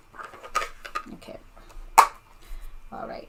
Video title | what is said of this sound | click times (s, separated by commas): Stampin' Up! Mini-Catalogue & Sale-A-Bration Launch | you love love love i mean just close that up you hear that snap | 0.6 s